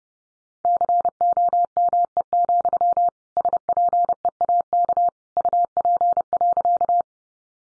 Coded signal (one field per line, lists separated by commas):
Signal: Morse code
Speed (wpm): 28 wpm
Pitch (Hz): 700 Hz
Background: none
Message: COME, SPEAK UP.